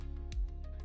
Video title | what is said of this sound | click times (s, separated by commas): Nemesis Reviews Transformers Adamas Machina AM-T02 Predaking | A nice little click. | 0.3 s